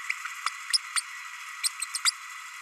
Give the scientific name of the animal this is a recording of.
Forpus passerinus